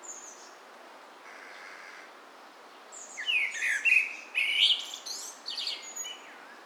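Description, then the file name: Common blackbird calls: after a quiet start, a burst of squeaky, chattering high notes, sharp and irregular, over steady faint background hiss. "Turdus merula"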